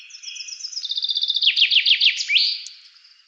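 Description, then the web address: Bird song of quick high chirps running into a steady descending trill of slurred notes and a rising terminal flourish, all in the upper register. "Deverinetal 2025 File cleaned normalized Bird Fr Co"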